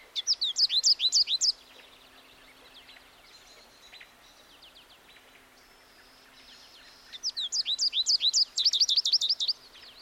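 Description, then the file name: American goldfinch giving rapid, twittering high notes in two lively bursts separated by a quieter stretch of softer chatter. "American Goldfinch Spinus tristis"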